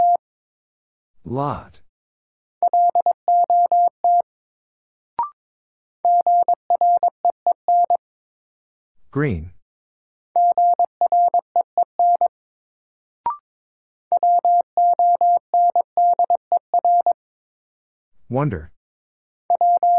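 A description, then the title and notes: Morse code sent as a steady mid-pitched tone, broken into quick runs of short and long beeps that come in groups with silent gaps between them. Three swooping sweeps cut in at about 1, 9 and 18 seconds, and single brief blips sound near 5 and 13 seconds. First, the word is sent in Morse code.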